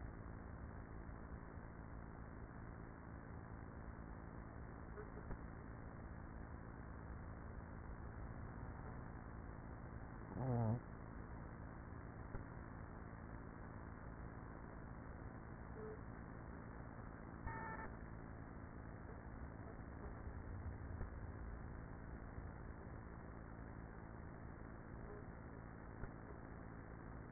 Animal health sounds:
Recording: honeybee colony, microphone inside the hive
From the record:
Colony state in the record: queenless with a low population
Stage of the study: after two queens were removed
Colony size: about 30,000 bees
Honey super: no

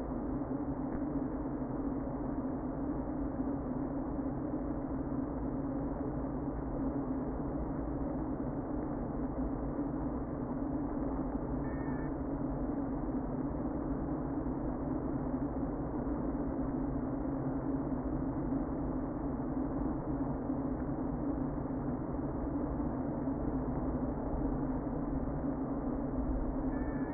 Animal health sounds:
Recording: honeybee colony, microphone inside the hive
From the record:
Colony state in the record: queen present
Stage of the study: before two queens were removed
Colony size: about 60,000 bees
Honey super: yes

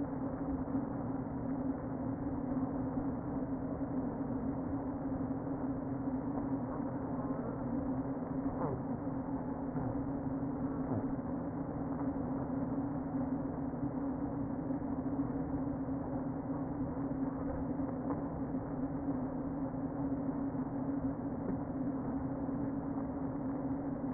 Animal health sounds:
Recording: honeybee colony, microphone inside the hive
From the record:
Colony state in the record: queen present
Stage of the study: before two queens were removed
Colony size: about 60,000 bees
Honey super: yes

